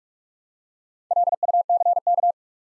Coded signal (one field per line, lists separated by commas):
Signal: Morse code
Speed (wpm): 44 wpm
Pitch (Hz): 700 Hz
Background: none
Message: LUCK